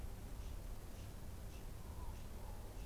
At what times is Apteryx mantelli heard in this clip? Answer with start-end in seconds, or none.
none